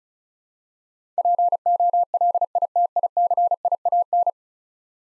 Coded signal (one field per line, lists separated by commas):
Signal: Morse code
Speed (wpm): 36 wpm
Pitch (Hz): 700 Hz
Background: none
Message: POLITICIAN